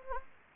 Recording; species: mosquito wingbeat signal from an infrared sensor; Anopheles gambiae